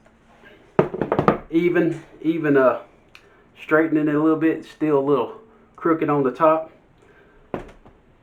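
A two-handle wing capper is pressed down over a metal crown cap on a glass wine bottle, and the cap crimps onto the bottle neck with a sharp pop at 0.8 s, followed by a few quick rattling taps. Someone talks through most of the clip, and another short knock is heard near the end. The cap is seated, though it is still a little crooked on top.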